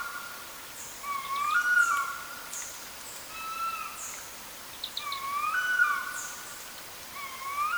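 Bird giving a run of varied whistled notes, some rising and some falling, fairly irregular throughout, over soft steady background noise.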